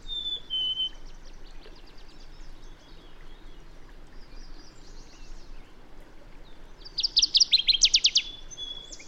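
Bird song with faint high notes early on, then a loud, fast trill of repeated high notes near the end over a steady background hiss.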